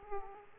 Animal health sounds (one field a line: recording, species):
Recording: mosquito wingbeat signal from an infrared sensor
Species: Aedes aegypti